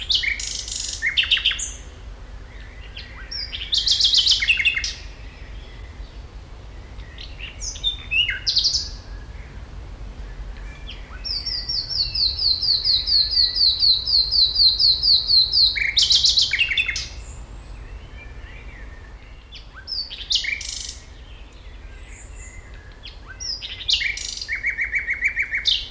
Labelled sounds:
Common Nightingale

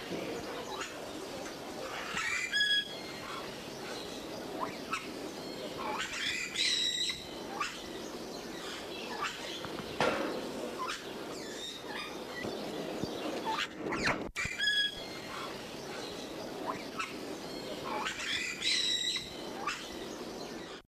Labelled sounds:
White-bellied Parrot call

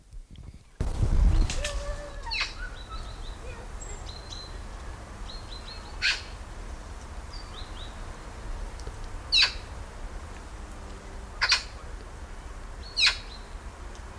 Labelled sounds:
Eurasian Magpie call

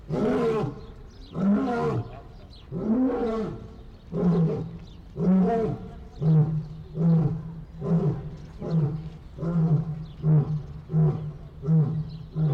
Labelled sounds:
Lion

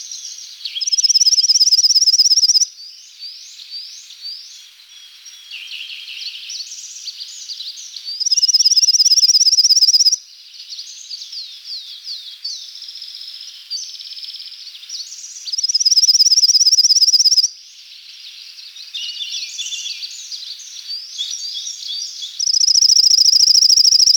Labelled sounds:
Pale-legged Leaf Warbler song

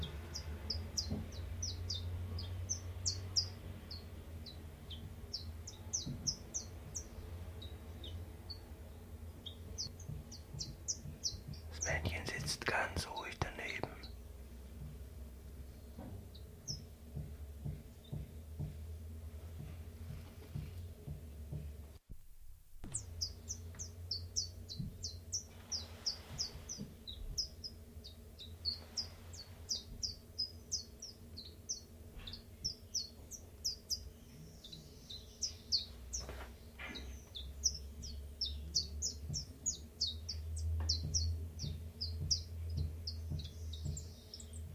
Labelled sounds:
Common Chiffchaff

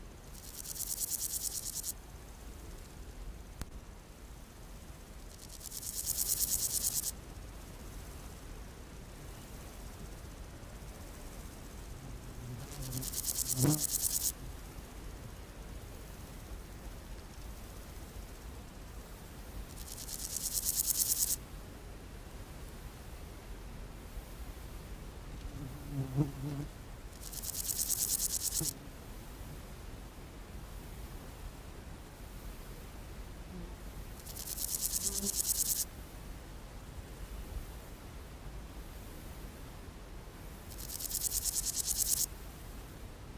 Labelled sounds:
Meadow Grasshopper

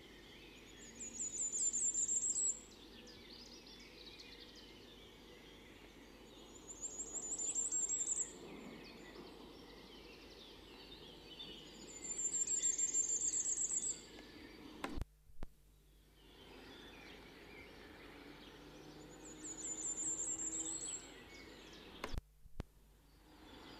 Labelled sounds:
Common Firecrest song

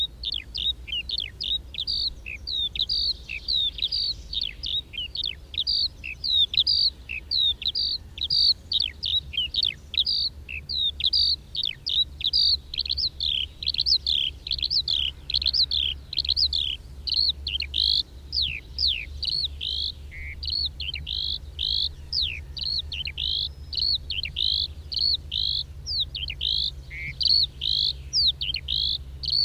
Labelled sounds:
Eurasian Skylark flight song

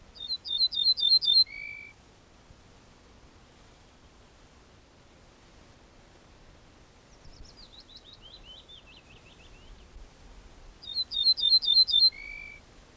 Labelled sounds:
Ortolan Bunting song

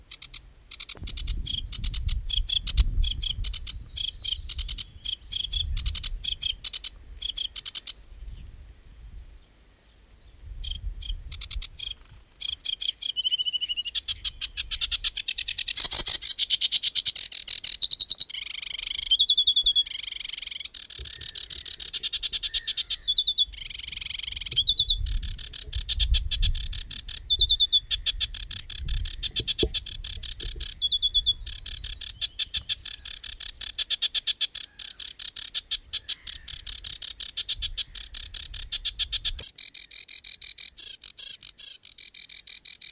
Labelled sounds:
Sedge Warbler song

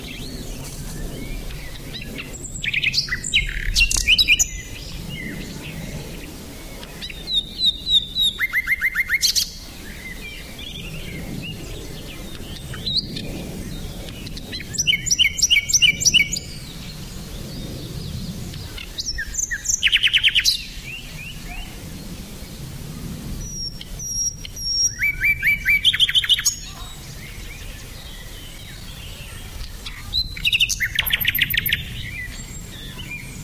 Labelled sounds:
Common Nightingale song

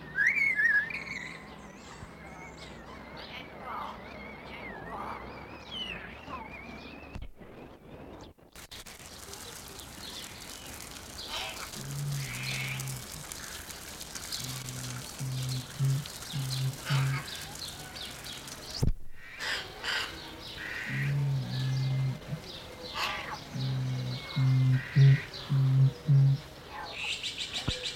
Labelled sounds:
Common Hill Myna

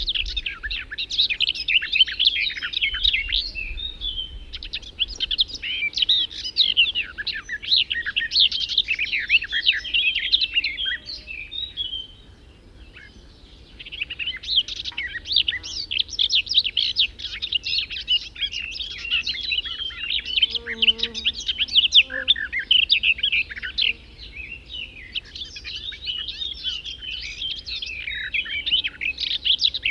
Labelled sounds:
Garden Warbler song

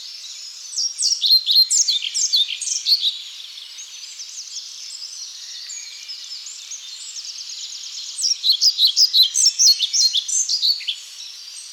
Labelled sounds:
European Pied Flycatcher song

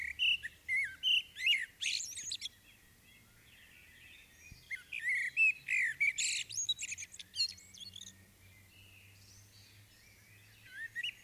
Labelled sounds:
Common Blackbird song

